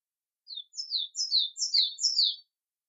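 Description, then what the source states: Bird song: a quick run of about six high, thin notes, each sliding downward. Native bird.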